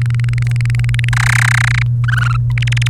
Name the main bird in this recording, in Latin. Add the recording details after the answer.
Serinus canaria. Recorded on 28 April 2018 at 11:20. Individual llb3